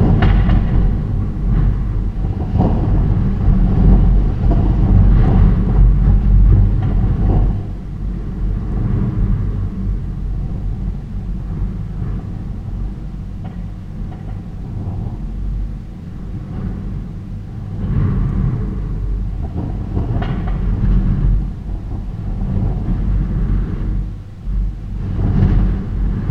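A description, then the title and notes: Gale-force wind roars in a deep, dense rumble, strongest in the first seven seconds, then easing and swelling again in gusts. A loose gate knocks against the garden wall now and then, with sharp bangs near the start, around twenty seconds and at the end. A windy night in March. I woke up one night around 2am with gales outside. The winds were gusting up to around 50mph. You can hear the gate had worked loose and is being blown against the garden wall every now and then.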